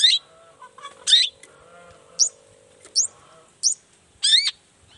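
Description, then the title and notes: Long-tailed shrike song: harsh scratchy notes followed by short high chirps and one layered whistled phrase. Singing actively ('gacor') in the morning with varied 'toet toet' sounds; makes other shrikes respond ('nyaut') and open up their material. "Langsung NYAUTTTTT ! Cendet Gacor Dor Di Kala Pagi Toet Toet Variasi Suara J. Nyaut Seketika.! Cendet Gacor Pagi Hari Biangnya Bikin Cendet Manapun Langsung On Nyaut Buka Materi. Burung cendet"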